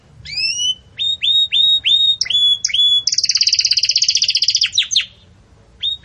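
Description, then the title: Belgian canary song of rapid repeated rising whistled chirps, then a long loud rolling trill, followed by further chirps. Song of a Belgian canary, described as bell-like, used for breeding chicks to learn song. "Belíssimo Canto Do Canário Belga Campainha Para Encarte De Filhotes"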